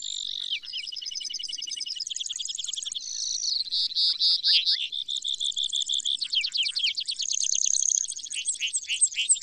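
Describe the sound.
Brewer's sparrow song, extended high trills shifting between fast buzzy runs and slower pulsed series.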